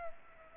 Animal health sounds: mosquito wingbeat signal from an infrared sensor; Aedes aegypti

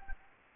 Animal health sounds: mosquito wingbeat signal from an infrared sensor; Anopheles gambiae

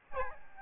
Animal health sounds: mosquito wingbeat signal from an infrared sensor; Aedes albopictus

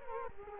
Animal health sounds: mosquito wingbeat signal from an infrared sensor; Culex quinquefasciatus

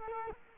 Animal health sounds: mosquito wingbeat signal from an infrared sensor; Culex quinquefasciatus

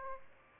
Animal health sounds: mosquito wingbeat signal from an infrared sensor; Aedes aegypti

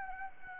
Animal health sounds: mosquito wingbeat signal from an infrared sensor; Anopheles arabiensis

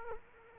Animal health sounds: mosquito wingbeat signal from an infrared sensor; Culex quinquefasciatus

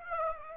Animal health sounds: mosquito wingbeat signal from an infrared sensor; Aedes aegypti

